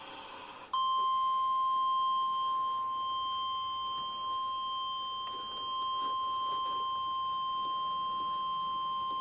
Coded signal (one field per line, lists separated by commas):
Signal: Emergency Alert System (SAME) tones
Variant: 1050 Hz attention tone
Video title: Tornado Watch 108 for Arkansas and Oklahoma | EAS - NOAA Weather Radio (4/15/2013)